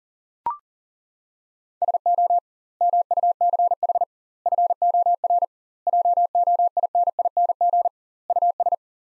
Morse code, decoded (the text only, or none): SO MUCH FOR JOINING US